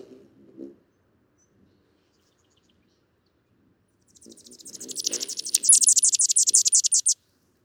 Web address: songs Anna's Hummingbird